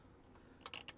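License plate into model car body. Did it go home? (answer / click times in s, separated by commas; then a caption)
yes / 0.7 s, 0.9 s. A plastic license plate is flexed in the middle and snapped into the rear body of a 1/8 scale diecast Agora Models James Bond 007 Lotus Submarine "Wet Nellie" model car (Pack 8 build). After a quiet stretch, three sharp plastic clicks sound at 0.7, 0.7 and 0.9 seconds as it pops in. The plate ends up seated in place.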